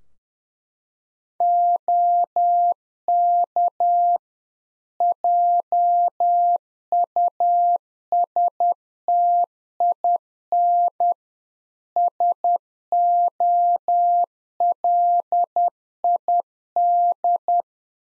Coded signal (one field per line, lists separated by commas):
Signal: Morse code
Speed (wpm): 10 wpm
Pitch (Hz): 700 Hz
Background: none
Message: OK JUSTIN SOLID